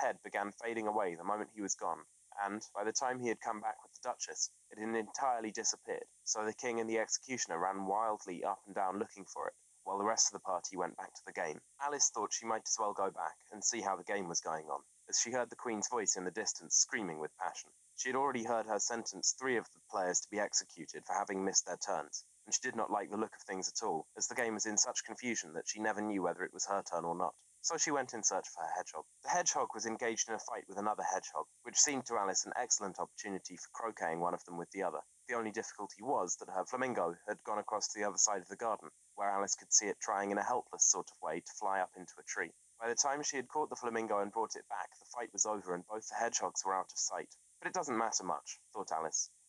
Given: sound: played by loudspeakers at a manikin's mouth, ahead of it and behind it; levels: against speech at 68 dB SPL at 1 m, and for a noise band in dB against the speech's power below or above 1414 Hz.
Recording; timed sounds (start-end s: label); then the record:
test signals for a remote microphone
0.00-49.48 s: man speaking
From the record:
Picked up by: remote microphone C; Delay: 23 ms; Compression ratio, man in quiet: 1.79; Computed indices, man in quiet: SII 0.993, HASPI 0.992, HASQI 0.254 (non-linear 0.305, linear 0.832), ESTOI 0.734